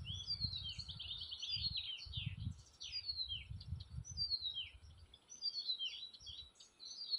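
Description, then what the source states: Birds singing, several overlapping high chirps and downslurred whistles in quick succession, with bursts of low rumbling noise through the first five seconds. Forest, spring.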